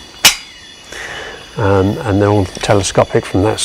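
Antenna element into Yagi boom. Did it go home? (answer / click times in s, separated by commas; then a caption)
yes / 0.2 s. A telescopic element of a portable 3-element 6 m Yagi antenna is clicked into the main boom by hand, with no nuts or bolts. One sharp click is heard at 0.3 s, followed by someone talking. The element is seated in the boom.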